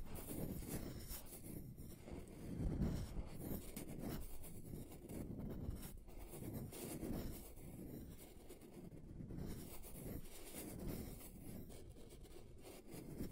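Continuous rough scratching across a table surface, a dense low grinding rumble with repeated strokes and a few brighter scrapes near three and nine seconds.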